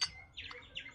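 On an RS200 motorcycle, a metal clutch plate is taken out, turned, and refitted onto the clutch hub/basket. Its teeth drop into the slots with a sharp click at 0.0 s, followed by softer bright scraping and a second tap around 0.8 s. The plate is seated with no gap and locked in place.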